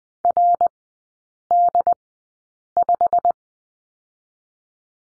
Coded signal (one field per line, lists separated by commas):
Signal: Morse code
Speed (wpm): 20 wpm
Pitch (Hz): 700 Hz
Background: none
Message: RD5